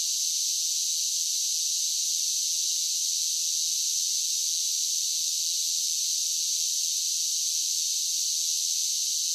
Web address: Blast Wave SSFX Cicadas Sing. cicadas large group steady drone insects bugs